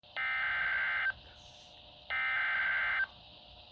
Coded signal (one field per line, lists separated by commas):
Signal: Emergency Alert System (SAME) tones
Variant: header bursts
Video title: Severe Thunderstorm Warning for Green County EAS #423